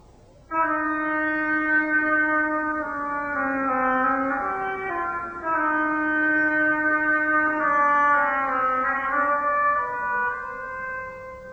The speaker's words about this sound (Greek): Στην ιστορία κάθε χαρακτήρας ερμηνεύεται και από ένα διαφορετικό όργανο. Το φλάουτο κάνει το πουλί. Το όμπο είναι η πάπια.